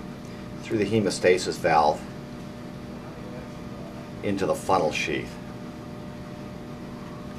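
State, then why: Not seated. A dilator and stylet are pushed through the hemostasis valve into a funnel sheath while someone talks over a steady background hum. Nothing has snapped or clicked into place yet.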